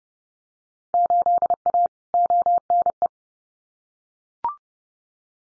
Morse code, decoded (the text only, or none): 8A ONE